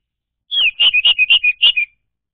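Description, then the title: Orange-headed thrush giving a single quick phrase of several loud, bright whistled notes in even succession, with nothing else heard. Song played to lure an orange-headed thrush that has stopped singing into singing again. "Anis Merah Macet.. Pancing Dengan Suara Ini.. # Anis Merah"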